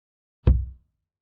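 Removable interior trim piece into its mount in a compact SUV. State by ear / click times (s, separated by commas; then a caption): seated / 0.5 s. A removable interior trim piece on a 2022 Hyundai Kona SEL FWD, a compact SUV, is pushed into its mount. It seats with one sharp, knock-like snap at 0.5 s, followed by a brief low thud that fades within about a third of a second.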